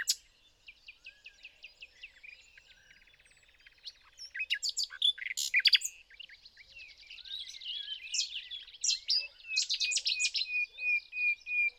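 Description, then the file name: Common nightingale song phrases, with sharp loud notes and varied whistles. "Luscinia megarhynchos"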